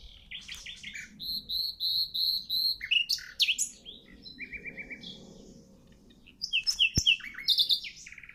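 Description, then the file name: Common nightingale singing varied phrases: a run of repeated whistled notes, sharp chirps, a short rattled series, then loud rapid repeated notes with a brief click among them. "Luscinia megarhynchos"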